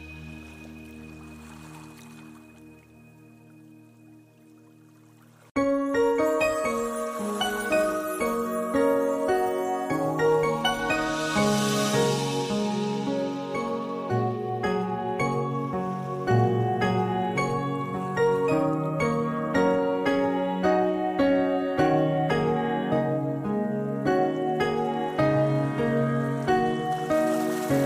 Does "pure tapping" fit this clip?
no